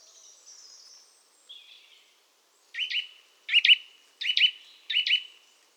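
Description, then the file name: Eurasian nuthatch giving four loud, sharp double chirps spaced under a second apart, preceded by faint high twittering. "Sitta europaea"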